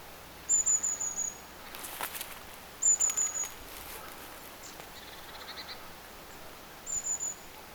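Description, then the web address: Long-tailed tit calls: three short, very high, rapid trilled series spaced a few seconds apart, with faint rustling between them. Several long-tailed tits recorded on 14 October 2024. "paivat 14 10 2024 pyrstotiaisia"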